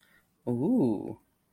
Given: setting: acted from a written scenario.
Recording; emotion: vocal sound without words; desire